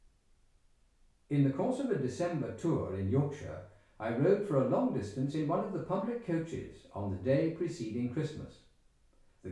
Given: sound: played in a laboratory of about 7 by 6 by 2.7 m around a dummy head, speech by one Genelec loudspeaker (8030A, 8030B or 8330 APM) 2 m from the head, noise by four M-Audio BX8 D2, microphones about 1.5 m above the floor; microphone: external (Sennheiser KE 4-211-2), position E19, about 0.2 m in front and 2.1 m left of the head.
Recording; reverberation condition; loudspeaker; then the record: male speech in English; medium; 120 degrees to the left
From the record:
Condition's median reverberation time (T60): about 510 ms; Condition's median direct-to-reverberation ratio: about -0.5 dB